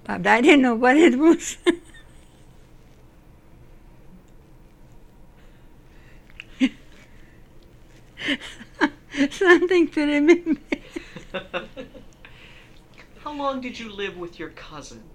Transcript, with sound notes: But I didn't know what it was.. (Laughs) Something to remember..
(Laughs) How long did you live with your cousin?